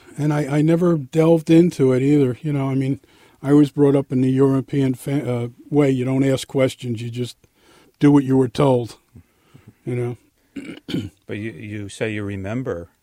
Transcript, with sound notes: And I - I -- never delved into it either, you know, I mean, I was brought up in the European fam - uh, way, you don't ask questions, you just do what you were told. You know. (Clears throat)
But you -you say you remember,